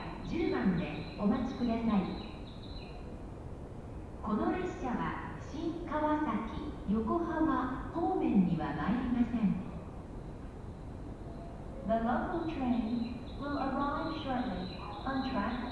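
A single voice narrates part of a railway journey in phrases of a few seconds each, with short pauses near the fourth and eleventh seconds. A low, steady hum runs underneath throughout, and no other sounds stand out.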